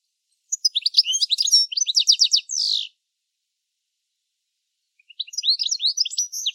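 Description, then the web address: Bird calling with rapid high chirps and trills, a busy burst of notes for about two seconds ending in a buzzy note, then silence before another chirping run begins. "Deverinetal 2025 File origin Bird Only"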